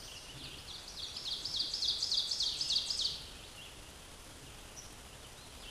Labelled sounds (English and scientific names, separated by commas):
Ovenbird (Seiurus aurocapilla) song